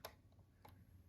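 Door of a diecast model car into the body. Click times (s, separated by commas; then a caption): 0.0 s. The opening door of a 1:18 AutoART McLaren P1 diecast model car (metal and plastic) is closed into the body until its small latch catches with a faint, sharp tick at 0.05 s. A second, softer tick follows at 0.7 s over a low steady hum, and the door is latched shut.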